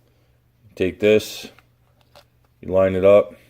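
Someone talks while lining up a Wasabi external power battery pack on a GoPro Hero 5 action camera, with faint handling ticks around 2.0 to 2.5 seconds between the words. The pack has not seated or clicked into place yet.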